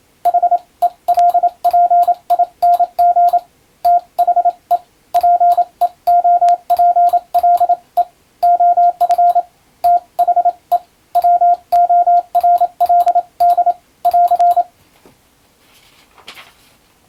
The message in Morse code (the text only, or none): HELPING THE PEOPLE OF THE WORLD <AR>